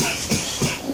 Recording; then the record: coughing mixed with background sound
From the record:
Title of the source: Spring Cold Coughing 2